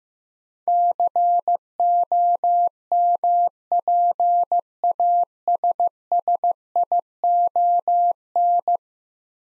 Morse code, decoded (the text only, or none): COMPASSION